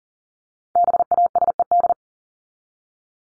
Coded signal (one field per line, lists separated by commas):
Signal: Morse code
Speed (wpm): 40 wpm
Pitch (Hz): 700 Hz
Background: none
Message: BASED